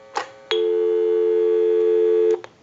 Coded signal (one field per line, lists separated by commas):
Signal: telephone call progress tone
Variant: North America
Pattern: dial tone